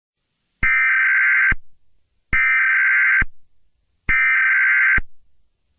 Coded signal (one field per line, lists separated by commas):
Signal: Emergency Alert System (SAME) tones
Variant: header bursts